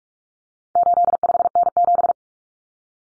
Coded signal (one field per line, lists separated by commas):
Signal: Morse code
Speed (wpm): 44 wpm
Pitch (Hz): 700 Hz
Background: none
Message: 85N7